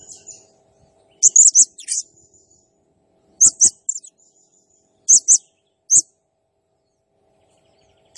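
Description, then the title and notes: Blue-crowned hanging parrot delivering clusters of sharp, very high chirps in groups of two or three, separated by pauses, with faint low clicks. Calling vigorously (gacor, 'nembak'); used as a masteran training sound and lure, said to provoke all other birds. "Burung Serindit Nembak Gacor Bikin Emosi Semua Burung. Suara Nasteran Dan Pemikat Burung Serinditan Gacor"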